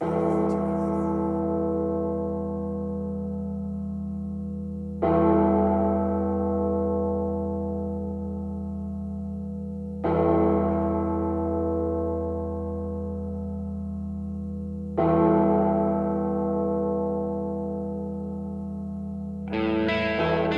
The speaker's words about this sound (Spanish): Las campanas anuncian nuestra última media hora de programa.